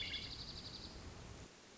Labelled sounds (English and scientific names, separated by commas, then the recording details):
Hermit Thrush (Catharus guttatus)
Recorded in Sonoma County, California